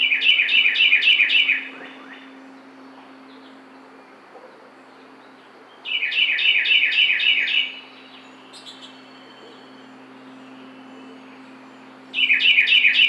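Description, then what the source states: Carolina wren song: loud rolling bursts of repeated downslurred notes, three bursts several seconds apart, with a steady low hum beneath. Recorded 12 June 2009.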